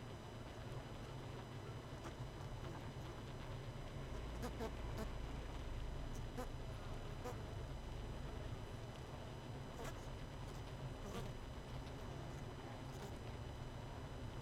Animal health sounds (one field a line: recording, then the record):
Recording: honeybee colony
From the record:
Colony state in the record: missing queen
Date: 31 May 2018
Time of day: 20:27